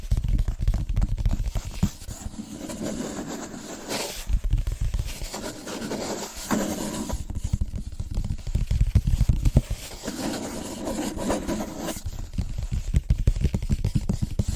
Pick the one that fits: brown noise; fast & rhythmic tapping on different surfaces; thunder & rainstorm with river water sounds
fast & rhythmic tapping on different surfaces